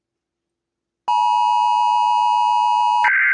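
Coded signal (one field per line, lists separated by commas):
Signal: Emergency Alert System (SAME) tones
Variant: 853 and 960 Hz attention tone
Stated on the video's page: Part of a fictional skit about an EAS test.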